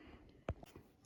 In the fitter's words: here we go we got the snaps back in